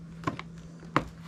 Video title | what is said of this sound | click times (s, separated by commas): 2021 Yamaha MT-03 Air Filter Change #yamahamt03 #yamaha #motorcycle #diy #motorcyclemaintenance | Got to pop that back pin out. | 1.0 s